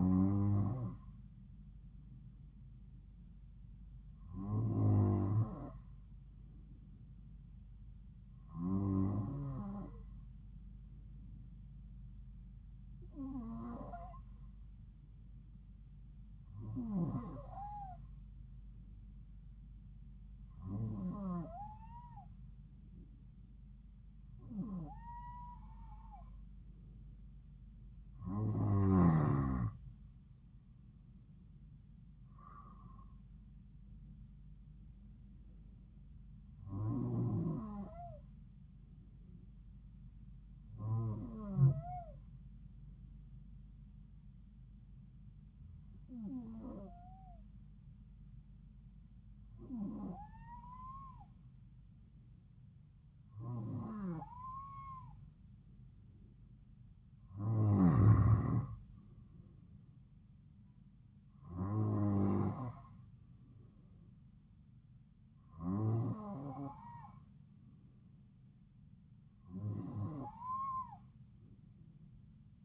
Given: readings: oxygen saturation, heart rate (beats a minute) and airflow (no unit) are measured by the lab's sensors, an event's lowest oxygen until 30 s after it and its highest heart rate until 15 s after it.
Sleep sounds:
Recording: breathing in sleep by a smartphone at the bedside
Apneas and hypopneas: 1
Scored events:
43.00-54.50 s: hypopnea (N2, oxygen 94% highest, then 91% lowest, heart rate 66 at the start, 73 highest)
From the record:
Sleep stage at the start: N2 (light sleep)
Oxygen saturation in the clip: 91 to 94%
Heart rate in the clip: 66 to 76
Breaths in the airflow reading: 18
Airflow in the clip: -3.7 to 4.4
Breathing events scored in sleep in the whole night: 270 in 6.1 hours asleep

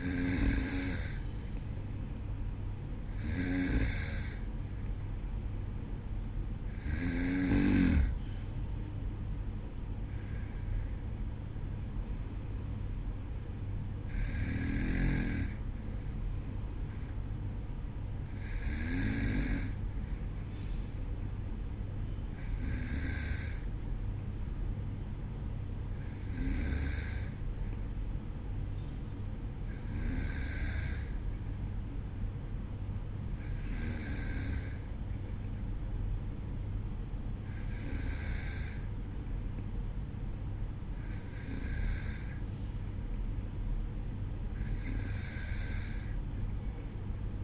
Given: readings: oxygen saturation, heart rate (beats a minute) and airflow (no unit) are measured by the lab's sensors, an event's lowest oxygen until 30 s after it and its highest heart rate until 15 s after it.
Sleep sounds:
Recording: breathing in sleep by a smartphone at the bedside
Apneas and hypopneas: none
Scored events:
14.00-44.00 s: new sleep stage, N1 (lightest sleep)
44.00-47.44 s: new sleep stage, N2 (light sleep)
From the record:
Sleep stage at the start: N2 (light sleep)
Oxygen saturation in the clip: 93 to 95%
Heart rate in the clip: 53 to 57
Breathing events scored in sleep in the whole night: 305 in 9.6 hours asleep

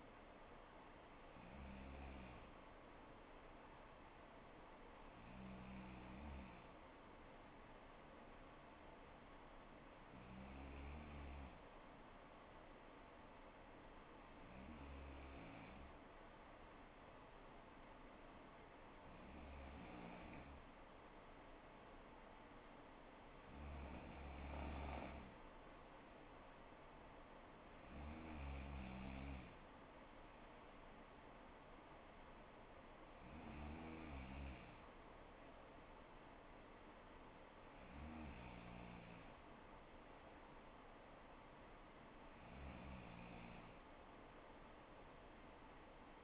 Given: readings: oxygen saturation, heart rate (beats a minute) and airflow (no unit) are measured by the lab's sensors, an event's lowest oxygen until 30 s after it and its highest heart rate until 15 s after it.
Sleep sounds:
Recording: breathing in sleep by a voice recorder at the bedside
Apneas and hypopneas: none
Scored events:
4.00-46.24 s: new sleep stage, N3 (deep sleep)
From the record:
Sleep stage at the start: N2 (light sleep)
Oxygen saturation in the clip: 94 to 95%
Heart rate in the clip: 61 to 64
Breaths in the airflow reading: 10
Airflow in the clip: -4.2 to 3.3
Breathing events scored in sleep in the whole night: 79 in 6.3 hours asleep

